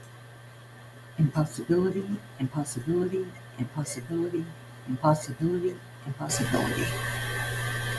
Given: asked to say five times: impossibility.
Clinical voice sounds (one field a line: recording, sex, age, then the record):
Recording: repeated word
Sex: female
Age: 50 to 59 years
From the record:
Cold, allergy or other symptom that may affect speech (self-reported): no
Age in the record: 57 years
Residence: Arizona, United States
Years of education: 15